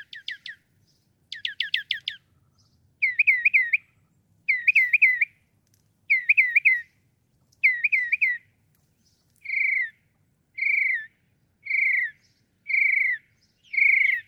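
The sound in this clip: Northern mockingbird song: rapid chattering bursts, then a doubled warbled phrase repeated several times, switching to steady rich chirps repeated about once a second.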